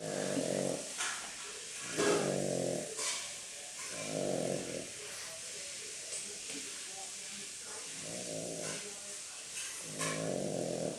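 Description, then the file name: Yorkshire Terrier growling, low rumbling growls repeated several times, with a few faint sharp sounds and a steady background hiss. Recorded 13 September 2013. "Yorkshire Terrier Dog 2013-09-13"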